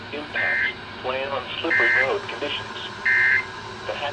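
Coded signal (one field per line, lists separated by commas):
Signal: Emergency Alert System (SAME) tones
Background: speech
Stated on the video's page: Winter storm warnings received from weather radio WXM42 twice, plus WAIW and WUSQ.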